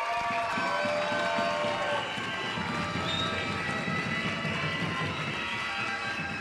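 A crowd applauds with steady, dense clapping that keeps an even loudness from start to finish, with no voices standing out.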